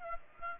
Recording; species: mosquito wingbeat signal from an infrared sensor; Aedes aegypti